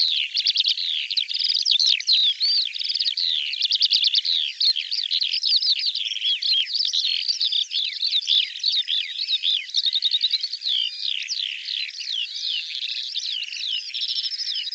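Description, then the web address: Bird song, a long unbroken warble of high varied chirps, trills and slurred whistles, delivered rapidly and continuously. Audio cleaned and normalized. "cianscape birddata Deverinetal 2025 File cleaned normalized Bird"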